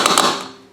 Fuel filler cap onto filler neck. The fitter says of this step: three clicks boom everything's good there um